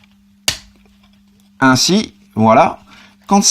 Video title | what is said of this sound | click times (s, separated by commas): Revue Fr Transformers Studio Series Ironhide. | on débloque ainsi | 0.5 s